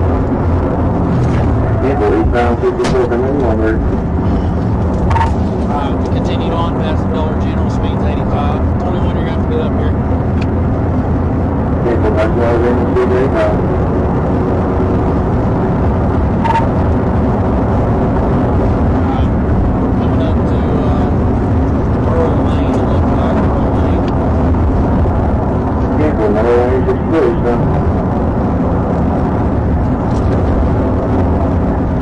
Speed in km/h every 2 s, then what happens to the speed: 118, 122, 132, 138, 153, 153, 163, 169, 174, 177, 180, 163, 159, 163, 161, 163.
0-18 speeds up to 177. 18-24 slows to 159. 24-32 steady at about 161.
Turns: none.